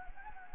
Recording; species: mosquito wingbeat signal from an infrared sensor; Anopheles gambiae